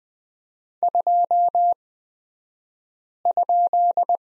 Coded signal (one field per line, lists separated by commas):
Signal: Morse code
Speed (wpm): 20 wpm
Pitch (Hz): 700 Hz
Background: none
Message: 2?